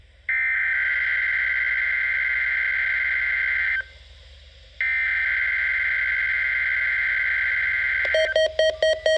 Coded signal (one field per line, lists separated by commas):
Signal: Emergency Alert System (SAME) tones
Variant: header bursts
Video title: Required Weekly Test EAS 27